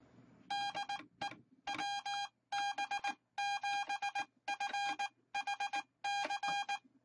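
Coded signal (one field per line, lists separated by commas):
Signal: Morse code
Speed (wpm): 19 wpm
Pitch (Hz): 810 Hz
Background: none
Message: DE WB7FHC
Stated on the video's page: Morse sent from an Arduino project that uses a rotary encoder input interface with a send menu.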